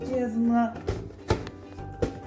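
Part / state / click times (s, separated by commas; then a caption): personal blender bottle onto motor base / seated / 1.3 s. A filled Fakir Sportic personal blender bottle, its blade cap screwed on, is turned upside down and pushed onto the plastic motor base until it locks, while someone talks over background music. A sharp click at 1.3 s marks the bottle seating on the base, followed by further knocks around 2.0 s.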